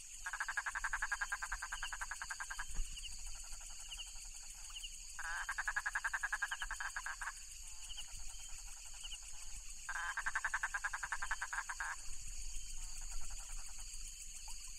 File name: philippine toad